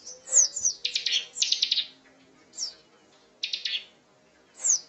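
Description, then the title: Prinia singing high, thin downslurred whistles and short rapid buzzy bursts, separated by gaps of near silence. Known locally as ciblek gunung; a masteran recording, used to train songbirds, of an energetic, persistently singing bird. "Burung Ciblek Gunung Masteran Gacor Kicau Mania"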